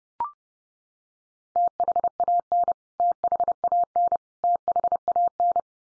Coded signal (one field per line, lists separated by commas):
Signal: Morse code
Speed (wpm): 30 wpm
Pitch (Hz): 700 Hz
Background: none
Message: THAN THAN THAN